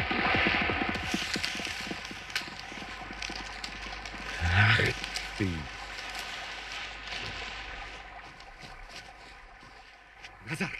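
A large wild boar, startled, crashes through brush at the water's edge: a few loud crackling, snapping bursts midway, then a later rustle, over a steady low hum and faint background noise.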